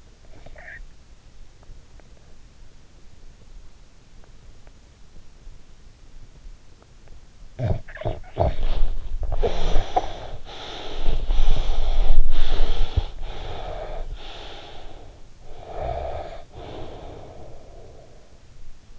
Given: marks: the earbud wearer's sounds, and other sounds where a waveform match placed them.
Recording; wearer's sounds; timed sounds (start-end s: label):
sounds in sleep by an in-ear microphone; snoring breath, breath
0.09-1.09 s: snoring breath
7.50-9.07 s: snoring breath
9.07-18.73 s: breath